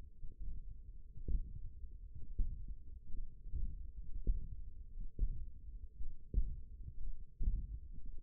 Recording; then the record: forearm muscle sounds (acoustic myography)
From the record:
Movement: tripod grip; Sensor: system 1, eight BSWA MPA416 microphones around the upper forearm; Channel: 4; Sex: male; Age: 23 years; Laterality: right